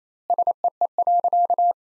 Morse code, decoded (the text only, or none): SEE.